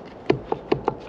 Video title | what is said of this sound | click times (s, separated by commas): Bait Board Review and Install for Boat Rail | just like that. Pretty cool. Really easy. Snaps right in. | 0.9 s